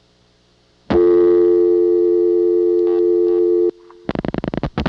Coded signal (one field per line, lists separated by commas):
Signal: telephone call progress tone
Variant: North America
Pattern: dial tone